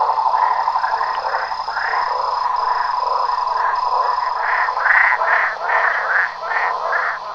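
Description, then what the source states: Frogs calling in a dense chorus, overlapping croaks pulsing over a steady trilling drone. Countryside marsh ambience in France.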